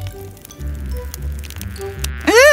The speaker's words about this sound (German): Eine Fliege auf meinem Toast. Wie widerlich.